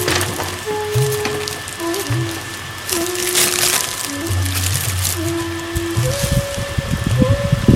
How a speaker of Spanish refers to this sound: Está soplando un viento, ¿eh? Se levanta. Muy suave, pero es verdad.